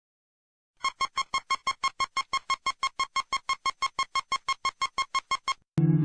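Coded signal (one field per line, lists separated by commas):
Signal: none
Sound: music synth notes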